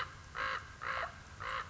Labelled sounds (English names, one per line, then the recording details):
Common Raven
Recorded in Sonoma County, California